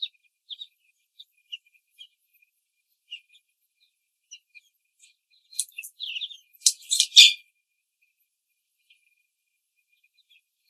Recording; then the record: young laying hens in a cage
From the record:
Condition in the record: control cage, after the stress test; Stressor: none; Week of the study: 4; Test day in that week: 3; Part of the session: 3